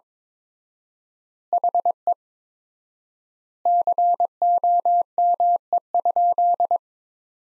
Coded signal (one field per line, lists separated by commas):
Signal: Morse code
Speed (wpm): 21 wpm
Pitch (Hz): 700 Hz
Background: none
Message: HE COME?